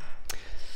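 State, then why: Seated. A microphone adapter with a jack input and a USB-C input is clipped onto the underside of a wireless mic receiver module. A single sharp, short click sounds at 0.3 s against a low background hum. The adapter seats on the receiver.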